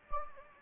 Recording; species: mosquito wingbeat signal from an infrared sensor; Anopheles gambiae